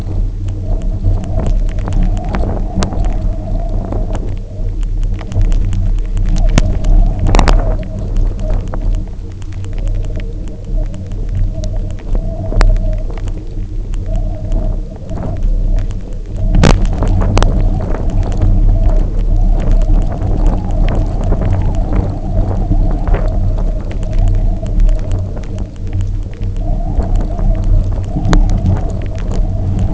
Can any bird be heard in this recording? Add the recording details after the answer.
no. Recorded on Arctic tundra, site UTQI-0, on 27 June 2018. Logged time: 00:00